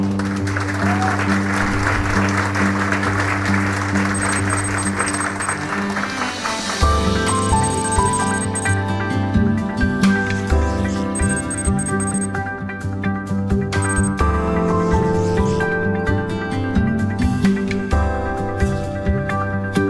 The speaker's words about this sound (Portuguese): Então, por favor, recebam ela com aplausos, por favor. Obrigado.